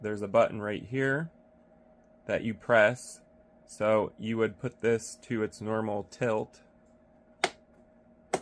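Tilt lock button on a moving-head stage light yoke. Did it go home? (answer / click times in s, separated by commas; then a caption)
yes / 7.4 s, 8.3 s. Someone talks about the tilt lock button on the yoke of a moving-head stage light while the light's head is returned to its normal tilt position. The button is then pressed in, giving two sharp clicks at 7.4 s and 8.3 s over a faint steady hum. The tilt lock engages and holds the head in place so the fixture will not move.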